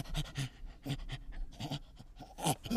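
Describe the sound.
Chimpanzee pant grunts: repeated hoarse, breathy huffing in uneven bursts, louder near the end.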